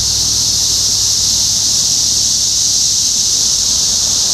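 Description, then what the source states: Cicadas keep up a loud, unchanging high buzz from start to finish, with low background rumble. Cicadas in Topeka, Kansas, on 14 June 2015.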